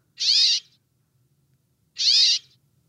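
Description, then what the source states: Brambling calls: two harsh, nasal, buzzy notes, with a faint low hum beneath. Calls its own name, 'kèè-èèhhp', rising slightly at the end as if asking.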